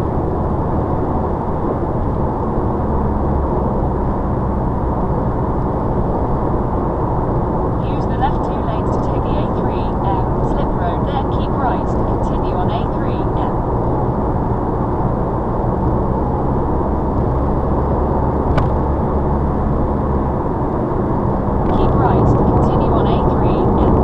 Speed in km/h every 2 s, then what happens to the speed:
108, 108, 109, 109, 109, 111, 109, 109, 109, 109, 109, 108.
0-24 steady at about 109.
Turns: none.